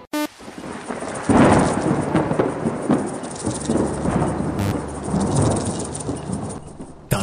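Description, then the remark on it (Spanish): Steady rain pours down in a dense hiss while low thunder rumbles and rolls underneath, swelling and fading over several seconds with no voices. “Cae la lluvia del cielo como una bendición.”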